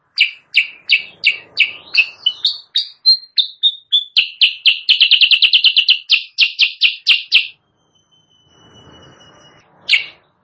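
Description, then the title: Sooty-headed bulbul song: a fast train of bright, chirpy notes about three per second, speeding into a dense rattling run, then a pause, a soft rustle, and one last chirp. Chattering (gacor) song used as masteran, a training recording for caged birds, and as a pikat lure sound. "Masteran Kutilang Sutra. suara pikat kutilang sutra kutilang sutra gacor"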